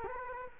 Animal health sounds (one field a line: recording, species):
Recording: mosquito wingbeat signal from an infrared sensor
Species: Culex quinquefasciatus